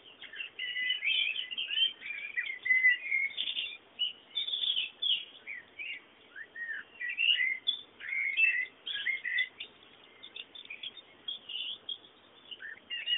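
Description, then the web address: Birds singing, a steady stream of high chirps and short whistled twitters with brief pauses throughout. Background bird sounds. "bullas Bullasdata sounds fondo pajaros"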